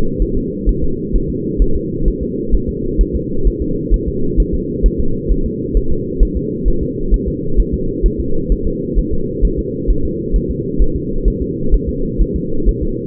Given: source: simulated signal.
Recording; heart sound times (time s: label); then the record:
fetal heart sounds
0.22 s: S1
0.37 s: S2
0.69 s: S1
0.84 s: S2
1.16 s: S1
1.30 s: S2
1.62 s: S1
1.76 s: S2
2.08 s: S1
2.23 s: S2
2.54 s: S1
2.69 s: S2
3.01 s: S1
3.16 s: S2
3.47 s: S1
3.62 s: S2
3.94 s: S1
4.08 s: S2
4.40 s: S1
4.54 s: S2
4.86 s: S1
5.00 s: S2
5.32 s: S1
5.46 s: S2
5.77 s: S1
5.92 s: S2
6.23 s: S1
6.37 s: S2
6.68 s: S1
6.83 s: S2
7.14 s: S1
7.28 s: S2
7.60 s: S1
7.74 s: S2
8.06 s: S1
8.20 s: S2
8.52 s: S1
8.67 s: S2
8.98 s: S1
9.13 s: S2
9.45 s: S1
9.59 s: S2
9.91 s: S1
10.05 s: S2
10.36 s: S1
10.51 s: S2
10.82 s: S1
10.96 s: S2
11.28 s: S1
11.42 s: S2
11.74 s: S1
11.89 s: S2
12.21 s: S1
12.36 s: S2
12.69 s: S1
12.83 s: S2
From the record:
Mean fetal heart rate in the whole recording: 130 bpm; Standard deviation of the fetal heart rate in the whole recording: 2 bpm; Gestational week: 36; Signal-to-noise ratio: -8.1 dB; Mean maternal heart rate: 72 bpm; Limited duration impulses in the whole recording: absent